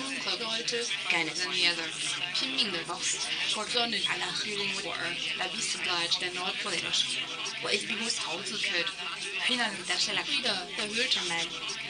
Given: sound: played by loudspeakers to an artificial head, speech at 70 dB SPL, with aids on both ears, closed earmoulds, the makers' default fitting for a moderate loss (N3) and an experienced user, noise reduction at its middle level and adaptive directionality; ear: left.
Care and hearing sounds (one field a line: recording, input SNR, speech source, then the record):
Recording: speech test signal (ISTS) in cocktail-party noise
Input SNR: +6 dB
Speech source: on the right (90 degrees)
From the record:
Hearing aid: class 2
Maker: A